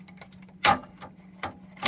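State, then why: Not seated. A Hoop Tech Gen 2 hat hoop is lined up and pushed onto the embroidery machine's hoop mount, but it does not snap into place on this try. Over a low steady hum there are faint ticks, then a loud knock at 0.7 s, another at 1.4 s, and a sharp sound at the very end. Someone talks, and nothing has seated or clicked yet.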